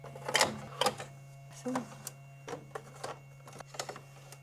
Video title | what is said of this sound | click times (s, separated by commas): Roland BN2-20A Unboxing & Full Setup | And you'll be able to hear a click once it's all the way in. | 0.4 s